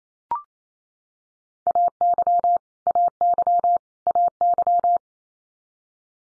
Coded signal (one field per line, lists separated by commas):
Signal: Morse code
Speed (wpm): 28 wpm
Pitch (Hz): 700 Hz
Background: none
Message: AY AY AY